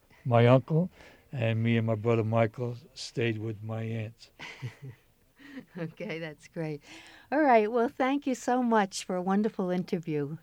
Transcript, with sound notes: my uncle, and me and my brother, Michael, stayed with my aunt.
[chuckles] Okay. That's great. All right. Well, thank you so much for a wonderful interview.